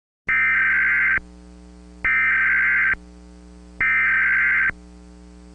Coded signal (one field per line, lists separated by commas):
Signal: Emergency Alert System (SAME) tones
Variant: header bursts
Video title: Volcanic Winter (An EAS Scenario)